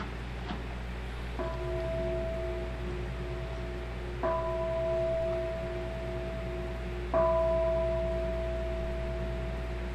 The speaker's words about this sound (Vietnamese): Hồng Đức đứng nó chuẩn bị đến chuông. Đến 3 tiếng chuông Hồng Đức.